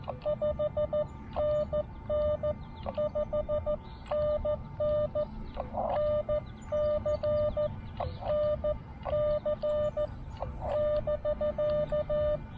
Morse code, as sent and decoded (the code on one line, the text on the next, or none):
..... -. -. ..... -. -. / -. -.-. / -. -.-. / -...-.-
5NN5NN NC NC <BK>